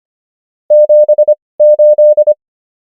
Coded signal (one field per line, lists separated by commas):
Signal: Morse code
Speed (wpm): 25 wpm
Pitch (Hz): 600 Hz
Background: none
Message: 78